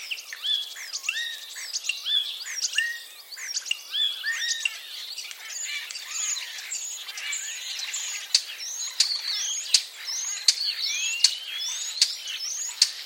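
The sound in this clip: Common starling song: a short whistled phrase repeated several times, then a run of sharp clicks and high squeaks, and a rising whistle toward the end.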